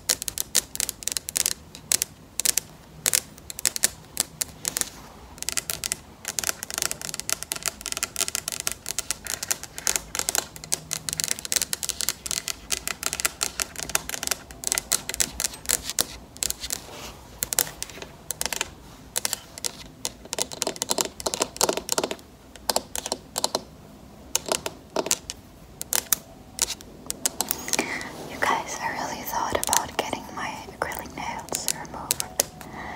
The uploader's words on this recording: ASMR Tapping with Acrylic Nails.